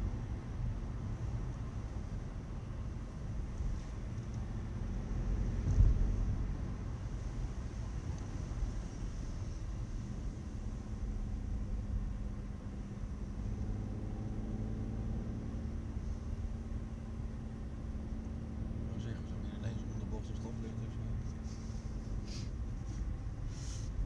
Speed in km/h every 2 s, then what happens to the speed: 71, 68, 74, 74, 57, 55, 60, 61, 61, 61, 58, 57.
0-6 steady at about 71. 6-10 brakes to 55. 10-13 speeds up to 61. 13-18 steady at about 61.